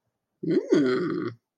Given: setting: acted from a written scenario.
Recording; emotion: vocal sound without words; desire